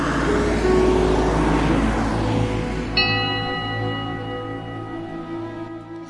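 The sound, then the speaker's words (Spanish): A city bus engine drones with a low, steady rumble and rising whine; halfway through, a sustained ringing tone with layered overtones joins as the engine noise settles down. “un mundo que apenas conocía tras el cristal de aquel autobús de línea.”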